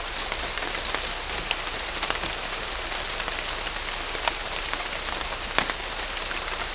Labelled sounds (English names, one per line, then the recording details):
none
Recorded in dense forest near Puerto Asís, Putumayo, Colombia, on 22 December 2024 at 18:00
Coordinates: 0.500, -76.322
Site G053